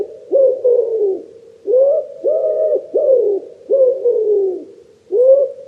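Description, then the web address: Common wood pigeon giving several soft, hollow coos in a rhythmic phrase. "cianscape. Deverinetal 2025. Bird Only"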